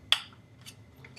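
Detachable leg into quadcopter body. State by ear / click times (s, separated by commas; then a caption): seated / 0.1 s. A detachable leg is slid into the body of a Blade Chroma quadcopter drone and clicks back into place with a sharp, bright snap at 0.1 s. Fainter small taps follow around 0.6 s and 1.0 s, and the leg is seated.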